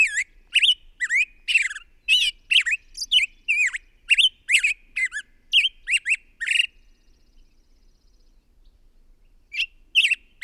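Bird song of rapid, squeaky chirping notes for several seconds, a pause, then a few more chirps at the end.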